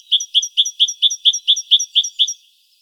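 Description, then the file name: Great tit call: a rapid run of about ten bright, doubled high notes, evenly spaced, lasting just over two seconds, then silence. "Parus major"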